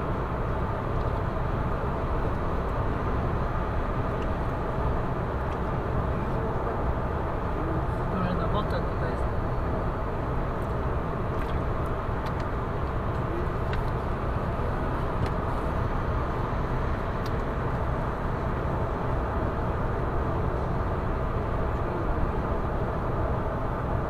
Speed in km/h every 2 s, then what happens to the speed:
115, 115, 115, 115, 115, 115, 115, 116, 116, 115, 115, 116.
0-24 steady at about 115.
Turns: none.